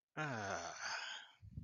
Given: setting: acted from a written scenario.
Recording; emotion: vocal sound without words; relief